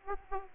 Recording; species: mosquito wingbeat signal from an infrared sensor; Aedes aegypti